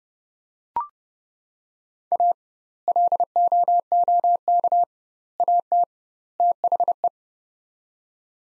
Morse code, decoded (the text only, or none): A LOOK AT THE